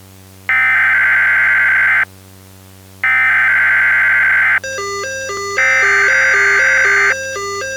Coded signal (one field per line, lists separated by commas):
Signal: Emergency Alert System (SAME) tones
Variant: header bursts